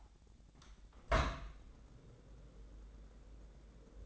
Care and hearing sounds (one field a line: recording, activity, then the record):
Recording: daily activity, microphone in the room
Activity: open window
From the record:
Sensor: 3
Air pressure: 1012.2 hPa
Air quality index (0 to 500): 106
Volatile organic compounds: 1 ppm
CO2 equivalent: 834 ppm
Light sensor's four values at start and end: 178/428/175/162 and 177/424/173/161